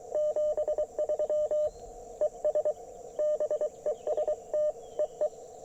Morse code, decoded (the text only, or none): 73 ES BEST EE